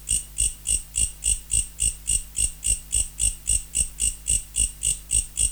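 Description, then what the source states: Mecopoda katydid singing a steady train of loud, rasping pulses, roughly three or four per second, evenly spaced, over a faint constant electrical hum. Recorded in November.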